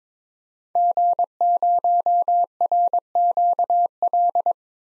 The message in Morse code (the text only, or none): G0RQL